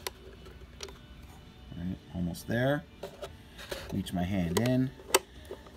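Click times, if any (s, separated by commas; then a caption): none. Someone talks while pushing the second-side toggle draw latch on a photo booth column closed, with brief sharp knocks near 0.1, 0.8 and 5.2 seconds. The latch does not snap and nothing has clicked into place, so the pin tension needs adjusting.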